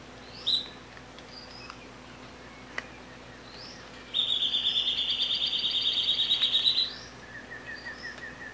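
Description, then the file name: Rufous gnateater song: a fast, even trill of high pulsed notes lasting about three seconds, then a few softer, lower notes, after scattered brief chirps earlier. "canto do chupa dente"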